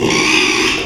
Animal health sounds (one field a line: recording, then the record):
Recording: squeal of a Yucatan mini pig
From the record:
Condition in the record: after surgery on the right vocal fold (resection and tissue-engineered implant)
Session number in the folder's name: 1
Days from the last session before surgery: 6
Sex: male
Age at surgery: 12 weeks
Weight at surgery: 13 kg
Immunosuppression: cyclosporine, prednisolone